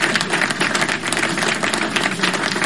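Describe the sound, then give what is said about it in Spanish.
Steady applause from a crowd, a dense wash of many hands clapping at an even, sustained level with no voices standing out. “Los viernes a las 4 de la tarde ahí en Costa Rica, así que aplausos.”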